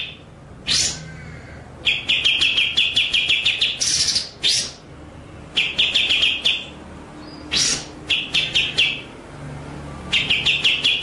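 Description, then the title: White-rumped shama song: bursts of rapid, evenly repeated chattering notes alternating with loud bright bursts, separated by brief pauses. Masteran (training) track featuring full ngerol and nembak song styles. "Masteran Murai Batu Full Ngerol Nembak"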